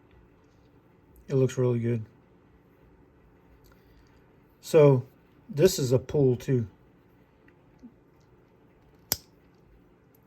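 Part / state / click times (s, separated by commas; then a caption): pocket knife blade into its backspring joint / seated / 9.1 s. A steel slipjoint pocket knife blade is worked against its backspring to test the pull while someone talks. At 9.1 s the blade snaps home into place with a single sharp, loud click, and the blade is seated.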